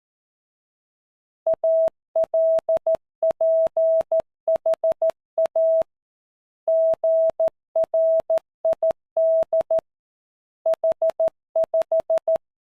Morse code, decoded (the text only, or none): ALPHA GRID H5